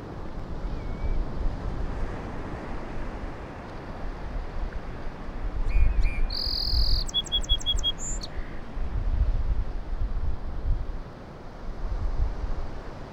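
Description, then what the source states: Song sparrow song of short notes, a buzzy middle note and a fast series of crisp chips ending in a high note, set against loud rolling surf. Song sparrow singing on Low Island, sounding different from town sparrows; surf crashing on the shore throughout; recorded handheld with a Sony PCM-M10, light breeze causing slight wind noise.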